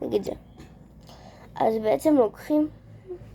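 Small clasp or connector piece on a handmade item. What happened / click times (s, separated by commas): The small part is being handled; nothing has clicked into place yet / none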